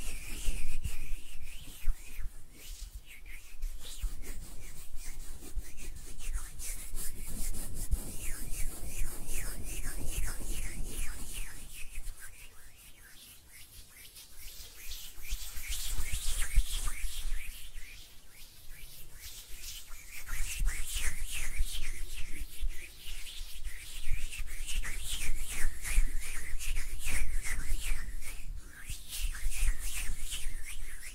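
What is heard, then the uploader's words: Hands rubbing together in steady strokes, making a dry, papery swishing with a bright hiss. The rubbing comes in quick rhythmic bursts, easing off around 12 to 15 seconds before picking back up. A faint low rumble sits underneath. ASMR Relaxing Hand Sounds (No Talking).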